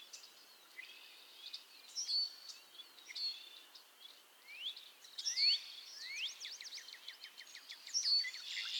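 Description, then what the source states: Chorusing frogs give high rising peeps among rapid trilled series, the calling building in density during the final seconds. Chorus of frogs crooning to one another on a summer evening, Miners Marsh, Annapolis Valley, Nova Scotia.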